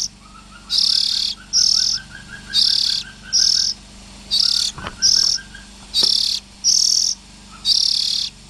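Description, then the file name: Oriental magpie-robin scratchy rasps repeated about once a second, nine short bursts, with a faint thin chipping series in the background. Young birds. "Tieng chim chich choe than non"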